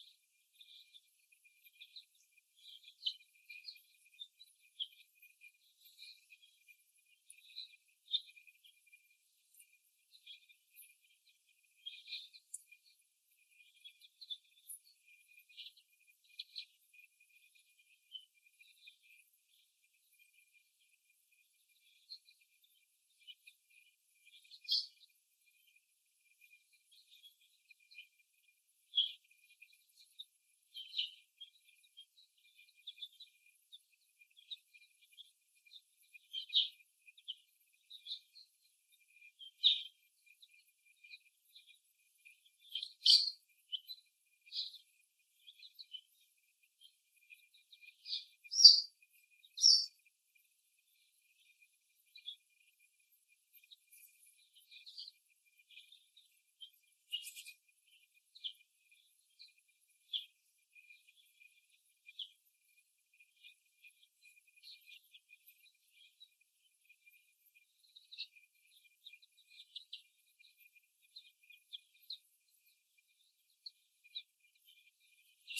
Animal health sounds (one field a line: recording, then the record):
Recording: young laying hens in a cage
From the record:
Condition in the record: before the stressor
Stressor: simulated dog barking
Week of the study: 1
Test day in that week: 1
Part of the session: 3